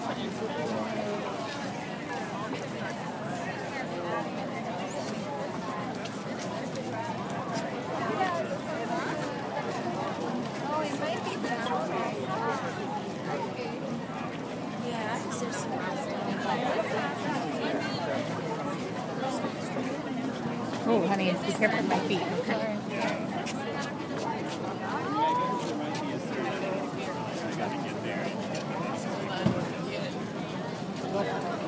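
Crowd noise from a busy art fair, with many voices overlapping in a steady, dense murmur as someone walks through. Speech occasionally stands out, and faint traffic hums underneath. A sharp click or knock lands near the end.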